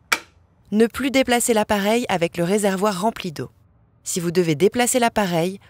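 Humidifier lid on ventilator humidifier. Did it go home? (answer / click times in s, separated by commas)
yes / 0.1 s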